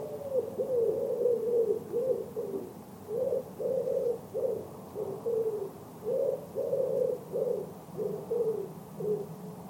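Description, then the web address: Bird giving low hooting coos, short mellow notes grouped in repeated phrases. "Bird Only"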